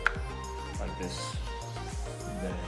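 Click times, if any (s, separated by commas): 0.1 s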